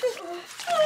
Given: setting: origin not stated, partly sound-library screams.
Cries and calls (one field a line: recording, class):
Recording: one-second piece from a danger detection set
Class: woman in danger